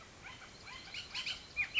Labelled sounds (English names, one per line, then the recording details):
Bullock's Oriole
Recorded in Sonoma County, California